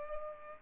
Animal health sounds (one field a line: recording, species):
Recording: mosquito wingbeat signal from an infrared sensor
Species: Culex pipiens